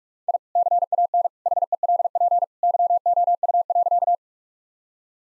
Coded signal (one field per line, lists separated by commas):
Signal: Morse code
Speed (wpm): 43 wpm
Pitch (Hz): 700 Hz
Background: none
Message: I CAN HELP YOU.